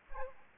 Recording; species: mosquito wingbeat signal from an infrared sensor; Aedes aegypti